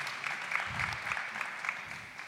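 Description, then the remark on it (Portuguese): An audience applauds steadily, a dense wash of many hands clapping at an even level for a couple of seconds, with no voices standing out above it. “Pode aplaudir mais uma vez.”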